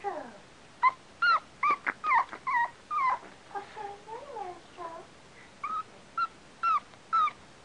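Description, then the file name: Dog giving short tonal yips that rise and fall, repeated about twice a second with brief quiet gaps between them. A dog named Astro. "Astro Barks"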